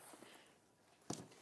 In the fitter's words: And all they do is they literally go into place there and they'll lock into place. There we go.